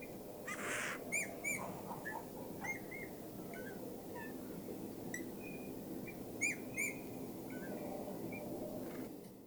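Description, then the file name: Eurasian bullfinch giving short soft whistled notes in loose clusters, with a few brief rustling noise bursts. "Pyrrhula pyrrhula"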